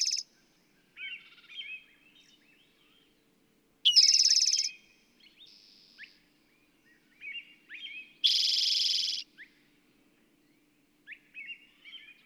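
Bird song: loud buzzy rattling trills about four seconds apart, interspersed with soft twittering and short rising whistles.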